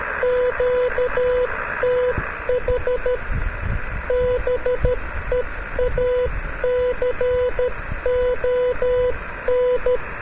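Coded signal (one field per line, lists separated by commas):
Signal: Morse code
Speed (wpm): 13 wpm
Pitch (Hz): 500 Hz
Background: radio noise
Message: QTH BEACON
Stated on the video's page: VHF beacon received on a Yaesu FT-290R from 1650 km, strong in horizontal polarization, weak in vertical, during good propagation.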